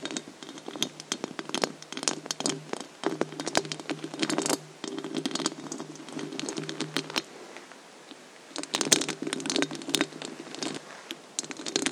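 Very long fingernails tap and click in quick, irregular bursts, crisp and sharp, with a steady low hum underneath. The tapping thins out to scattered clicks around the eighth second, then picks up densely again until the end.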